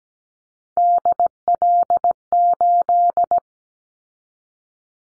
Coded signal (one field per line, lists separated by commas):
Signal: Morse code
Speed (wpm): 17 wpm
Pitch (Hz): 700 Hz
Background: none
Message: DL8